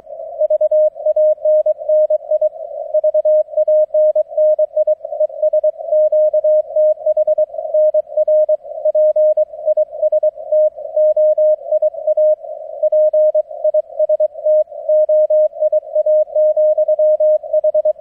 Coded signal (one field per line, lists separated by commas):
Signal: Morse code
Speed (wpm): 23 wpm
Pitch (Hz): 620 Hz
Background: none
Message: V ANNI VANNI ES QTH NR PISTOIA PISTOIA,H